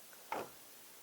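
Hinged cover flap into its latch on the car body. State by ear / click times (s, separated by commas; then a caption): seated / 0.3 s. A hinged plastic cover flap on an MG ZS EV is pushed shut into its latch on the car body. A single sharp latch click sounds at 0.3 s, and the flap is locked in.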